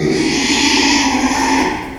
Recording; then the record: squeal of a Yucatan mini pig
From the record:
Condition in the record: after surgery on the right vocal fold (resection and tissue-engineered implant); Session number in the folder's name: 2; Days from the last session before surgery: 13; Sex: male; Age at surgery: 12 weeks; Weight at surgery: 13 kg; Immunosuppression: cyclosporine, prednisolone